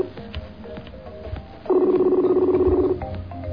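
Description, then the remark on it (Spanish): A single ring of a telephone ringback tone as a call is being connected, a loud, steady, buzzy mid-pitched tone lasting just over a second, rising out of a faint, murmuring background and then cutting off. “Si escuchan el timbre, ya estamos conectándonos con ellos.”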